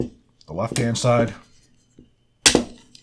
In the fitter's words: to remove it same thing just pop out the sides right in the bottom pop out the inside on the